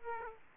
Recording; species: mosquito wingbeat signal from an infrared sensor; Aedes aegypti